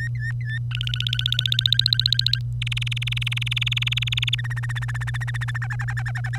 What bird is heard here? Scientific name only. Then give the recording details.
Serinus canaria. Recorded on 25 April 2018 at 08:25. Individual llb3